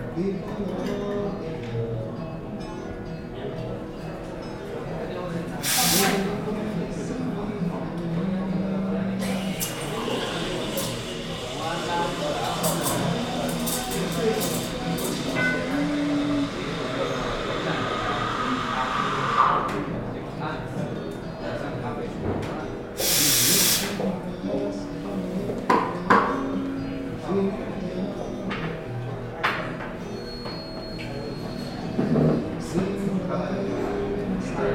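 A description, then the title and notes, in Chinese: Sitting in a café, with a steady murmur of voices and clatter throughout. Sharp clinks or bangs stand out near 6 and 23 seconds, and a hissing rush, like a steamer or grinder, runs from about 9 to 20 seconds over a low rumble. 坐在咖啡馆有点开心｜城市声音。北京地坛旁边 没有特地录说话声。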